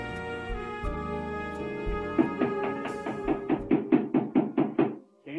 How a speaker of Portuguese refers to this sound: bate a porta para levar Alex para a delegacia